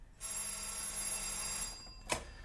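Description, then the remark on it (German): An old telephone bell rings in a continuous metallic trill for nearly two seconds, bright and fairly loud, then stops abruptly, followed by a short clunk like a receiver being lifted. “Ja, sprich nicht so laut, der Hörer vibriert so stark, dass ich kaum ein Wort verstehe.”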